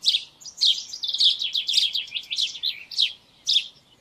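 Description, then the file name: House sparrow calls in a quick, jumbled run of bright chirps, slowing into separate chirps near the end. "Passer domesticus"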